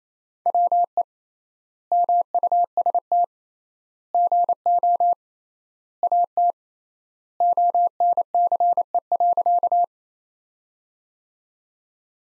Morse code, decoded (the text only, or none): WE MUST GO AT ONCE.